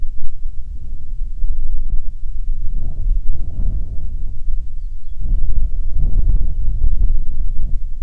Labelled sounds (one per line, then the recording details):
songbird
wind
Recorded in the Prudhoe Bay oil fields, Alaska, on 6 June 2019 at 04:02
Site 16